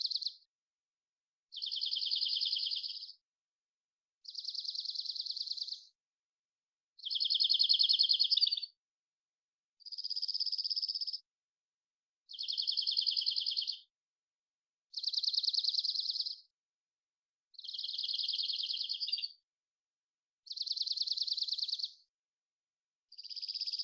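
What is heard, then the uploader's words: A dark-eyed junco sings a series of separate trills, each a rapid, evenly pulsed burst lasting about a second and a half, repeated every two to three seconds. The trills are high and bright, varying slightly in pitch and texture, with clean silence between them. BIRDSong New World Sparrows - DarkEyed Junco Collected Songs. Dark-eyed Junco, Junco hyemalis, collected song variations, trills, isolated. Recorded in the beautiful Pacific Northwest, Washington, United States.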